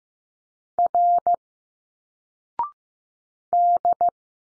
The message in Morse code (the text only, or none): R D